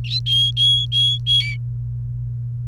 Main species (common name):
Domestic Canary